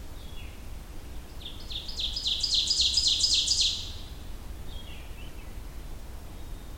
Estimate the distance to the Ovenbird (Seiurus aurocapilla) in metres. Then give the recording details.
about 20 m. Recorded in boreal forest in Alberta, Canada, on 23 June 2016 at 06:48. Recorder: SongMeter 3, array SBT-6-76. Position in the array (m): 21 m, 87 m. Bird 2